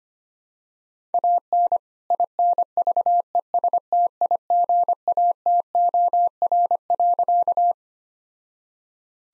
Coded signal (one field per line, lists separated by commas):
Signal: Morse code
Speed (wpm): 25 wpm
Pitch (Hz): 700 Hz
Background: none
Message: AN INVESTIGATOR.